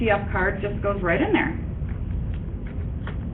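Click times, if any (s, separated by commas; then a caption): none. Someone talks while a CF card is slid into the card slot on a DSLR camera body, with its small plastic side door to be flipped shut. Once the talk stops, faint, brief handling sounds come at about 1.9, 2.7 and 3.1 seconds. Nothing has seated or clicked yet.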